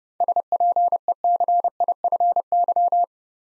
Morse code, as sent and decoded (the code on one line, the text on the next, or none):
... .--. . -.-. .. ..-. -.--
SPECIFY